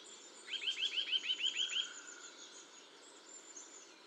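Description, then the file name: Eurasian nuthatch giving a quick, evenly spaced series of upslurred whistled notes over steady background hiss. "Sitta europaea"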